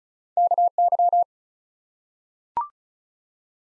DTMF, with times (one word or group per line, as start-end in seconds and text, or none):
none